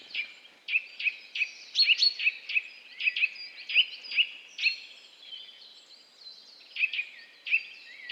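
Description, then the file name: Eurasian nuthatch giving a long run of sharp high chirps, dense and overlapping in places. "Sitta europaea"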